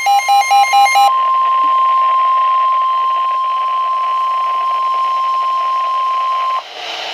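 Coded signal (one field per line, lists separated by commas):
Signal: Emergency Alert System (SAME) tones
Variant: 1050 Hz attention tone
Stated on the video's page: Tornado Warning alert tones received on NOAA Weather Radio from stations on 162.400 and 162.500 MHz.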